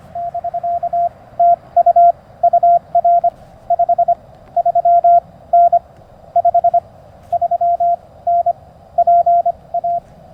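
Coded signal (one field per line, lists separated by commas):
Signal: Morse code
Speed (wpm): 25 wpm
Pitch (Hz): 690 Hz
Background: none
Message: <BK> TU UR 5 3N 5 3N PA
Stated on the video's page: Morse sent with paddles on a tiny portable QRP Mountain Topper MTR3B during a Parks on the Air activation, Alex Loop antenna, battery and solar powered.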